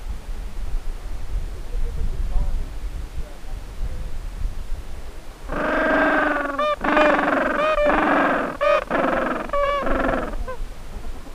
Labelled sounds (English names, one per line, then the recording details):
Gentoo Penguin
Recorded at the colony at Heroina Island, Antarctica, on 10 December 2015
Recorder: Song Meter SM2+